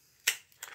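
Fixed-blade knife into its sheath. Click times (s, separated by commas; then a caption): 0.3 s. A Spyderco A.R.K. fixed-blade knife is pushed back into its molded sheath and locks in with a loud, sharp snap at 0.3 s, followed by a few fainter clicks around 0.5–0.7 s. The knife is seated in the sheath.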